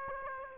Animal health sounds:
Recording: mosquito wingbeat signal from an infrared sensor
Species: Aedes aegypti

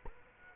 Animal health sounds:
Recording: mosquito wingbeat signal from an infrared sensor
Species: Culex quinquefasciatus

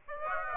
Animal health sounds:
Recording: mosquito wingbeat signal from an infrared sensor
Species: Aedes aegypti

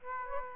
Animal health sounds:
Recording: mosquito wingbeat signal from an infrared sensor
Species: Aedes aegypti

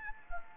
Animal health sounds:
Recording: mosquito wingbeat signal from an infrared sensor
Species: Anopheles arabiensis

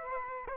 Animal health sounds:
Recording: mosquito wingbeat signal from an infrared sensor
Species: Aedes aegypti

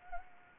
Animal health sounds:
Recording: mosquito wingbeat signal from an infrared sensor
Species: Anopheles gambiae

